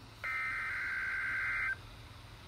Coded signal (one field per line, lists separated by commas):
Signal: Emergency Alert System (SAME) tones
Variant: header bursts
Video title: TROPICAL STORM WARNING (EAS 450-451)